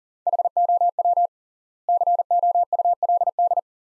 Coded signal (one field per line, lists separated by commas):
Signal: Morse code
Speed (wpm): 40 wpm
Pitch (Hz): 700 Hz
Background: none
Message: HOW COULD